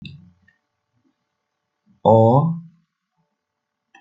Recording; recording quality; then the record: sustained vowel as in boot; excellent, no background noise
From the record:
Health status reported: recovered from COVID-19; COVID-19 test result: positive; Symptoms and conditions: cold, fever, fatigue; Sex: male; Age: 30 years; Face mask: not worn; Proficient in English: no